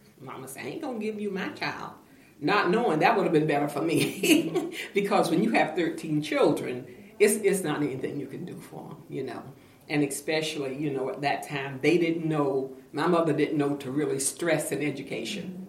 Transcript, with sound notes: Momma say, ‘I ain’t gon’ give you my child’. Not knowing that would’ve been better for me, (laughter) because when you have thirteen children, it’s not anything you can do for them, you know, and especially, you know, at that time they didn’t know–my mother didn’t know to really stress an education.